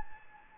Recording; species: mosquito wingbeat signal from an infrared sensor; Anopheles gambiae